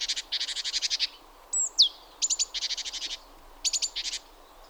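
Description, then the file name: Great tit churring calls: long rapid rattles of buzzy notes, broken by a thin downslurred whistle, then more short churr bursts. "Parus major"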